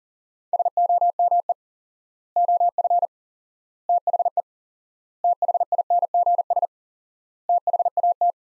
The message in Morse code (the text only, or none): SOME OF THE THINGS THAT